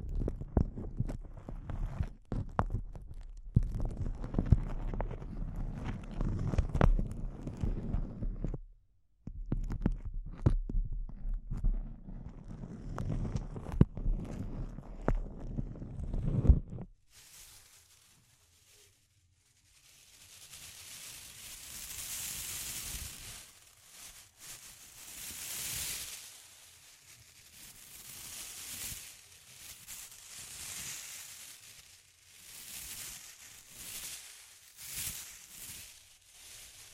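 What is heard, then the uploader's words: Intense crinkles fill the recording. For the first seventeen seconds a dense, low, rumbling rustle runs with dense crackle, with a brief pause around nine seconds. Then it shifts to quieter, brighter crinkling in swelling bursts, hissy and irregular, until the end. ASMR Intense Close-Up Crinkles (No Talking).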